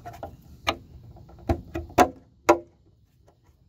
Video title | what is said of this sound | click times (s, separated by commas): 2015-2020 F150 Fog Light Housing Replacement | all right so the fog light just got popped in um you can see it did snap in place right there | 2.5 s